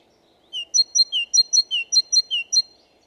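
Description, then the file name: Great tit giving a steady string of phrases, a lower slurred whistle followed by clipped higher notes, four repeats in quick succession. "Parus major"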